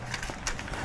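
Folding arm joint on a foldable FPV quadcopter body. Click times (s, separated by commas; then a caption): 0.1 s, 0.2 s, 0.5 s, 0.6 s. The plastic folding arms on the body of a Qi Zhi Toys QZ-S8 2MP 720HD FPV foldable quadcopter are popped out. Short plastic clicks are heard at 0.1, 0.2, 0.5 and 0.6 seconds. The arms snap into place, though they do not lock.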